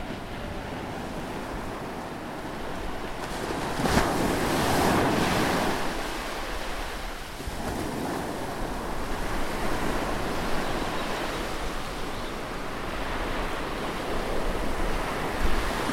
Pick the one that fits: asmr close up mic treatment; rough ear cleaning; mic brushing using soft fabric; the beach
the beach